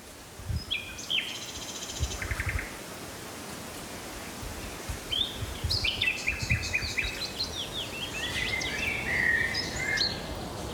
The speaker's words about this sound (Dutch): Luisteraar Frenk Jansen meldt zijn eerste nachtegaal op Heijort te Neerritter.